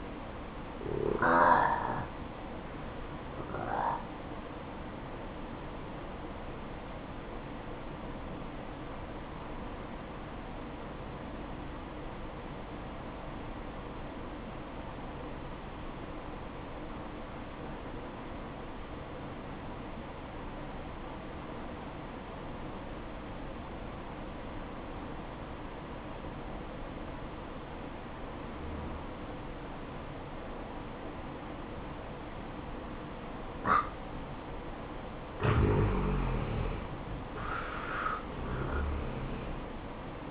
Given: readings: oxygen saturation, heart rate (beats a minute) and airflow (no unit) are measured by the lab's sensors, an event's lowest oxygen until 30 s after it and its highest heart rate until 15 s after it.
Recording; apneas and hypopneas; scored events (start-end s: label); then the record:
breathing in sleep by a voice recorder at the bedside; 1
5.00-36.30 s: hypopnea (N1, oxygen 94% highest, then 83% lowest, heart rate 61 at the start, 71 highest)
From the record:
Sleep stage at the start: N1 (lightest sleep); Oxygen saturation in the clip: 85 to 94%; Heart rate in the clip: 58 to 70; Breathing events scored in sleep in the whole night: 573 in 9.8 hours asleep